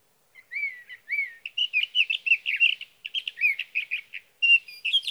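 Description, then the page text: Sage thrasher song, an extended fluent warble of slurred and rippling notes delivered in quick succession for about five seconds. Male singing at night near his night roost, from evening of June 12 to morning of June 15, 2018, in Sierra Valley, California; recorded with a Swift recorder. "Sage thrasher songs, through the night. For three nights, from the evening of June 12 to the morning of June 15, 2018, in Sierra Valley, California, I placed a Swift recorder near a male's night roost."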